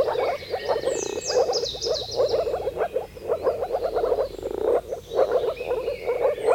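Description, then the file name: Moor frog chorus: bubbling low notes repeated rapidly by many frogs, with whistled and chirping bird calls above. "konnad rabakonn"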